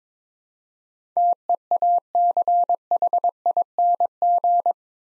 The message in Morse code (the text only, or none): TEACHING